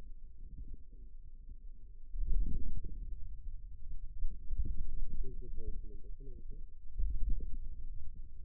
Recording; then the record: forearm muscle sounds (acoustic myography)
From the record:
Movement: wrist extension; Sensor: system 2, bracelet of six BSWA MPA416 microphones around the upper forearm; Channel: 2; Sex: male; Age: 22 years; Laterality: right